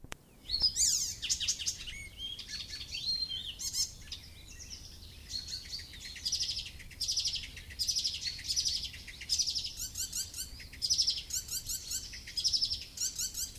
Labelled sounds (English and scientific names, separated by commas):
Icterine Warbler (Hippolais icterina) song